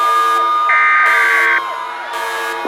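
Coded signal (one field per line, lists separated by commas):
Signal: Emergency Alert System (SAME) tones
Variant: header bursts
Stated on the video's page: Fictional EAS scenario about climate change, not a real alert.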